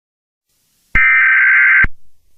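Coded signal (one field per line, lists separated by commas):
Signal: Emergency Alert System (SAME) tones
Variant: header bursts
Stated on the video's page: Fictional EAS scenario using real EAS tones.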